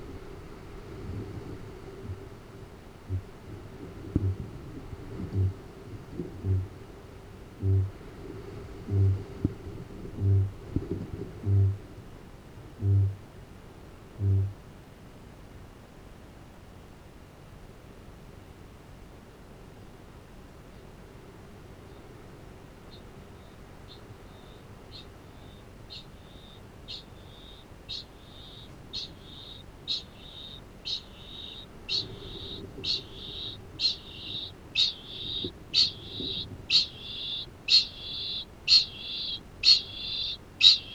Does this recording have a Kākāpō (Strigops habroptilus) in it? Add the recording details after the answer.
yes. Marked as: faintness 4/5, faintness 2/5. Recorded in New Zealand. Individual Arab